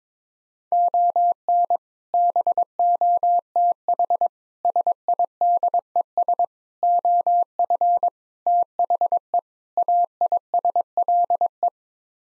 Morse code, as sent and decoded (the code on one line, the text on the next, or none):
--- -. / -... --- - .... / ... .. -.. . ... / --- ..-. / - .... . / .- .. ... .-.. .
ON BOTH SIDES OF THE AISLE